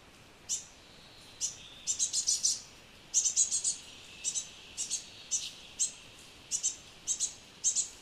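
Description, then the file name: Great tit calls: high short notes, some in tight clusters early on, then more spaced out. "Parus major"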